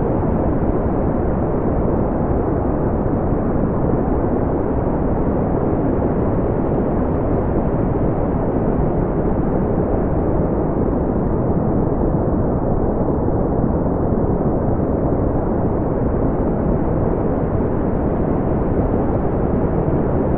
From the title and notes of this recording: 20 Minutes of Slow Oscillating Fan Noise (mid-range white noise).